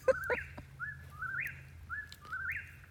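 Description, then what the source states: Eastern Whip-poor-will song: a few whistled phrases, each with a rising finish, with a couple of sharp clicks or knocks at the start. Repetitive song at night around 8:20 pm beside a firepit; sometimes speeds up or slows down, goes on all night.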